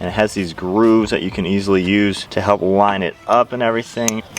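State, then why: Not seated. A retaining clip is being handled onto a new turbo inlet pipe for a Toyota Supra, lined up using the pipe's grooves, while someone talks throughout. Nothing has seated or clicked yet by the end of the clip.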